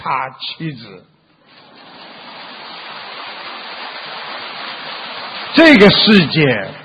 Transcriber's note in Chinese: 掌声